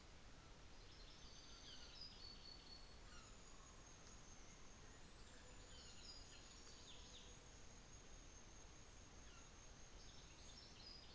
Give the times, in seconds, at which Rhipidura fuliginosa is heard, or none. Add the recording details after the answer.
2.82-10.69. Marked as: faintness 3/5. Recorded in New Zealand on 24 December 2018. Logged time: 15:45